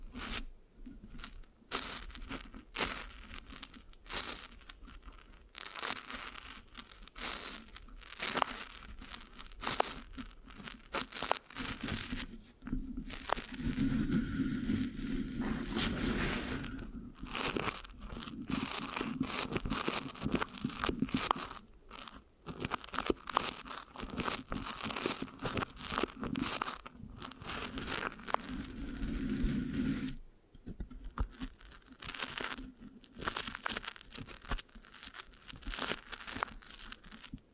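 Dense, uneven scratching and sticky crackling on the microphone continue throughout, with a brief quieter pause near thirty seconds before resuming.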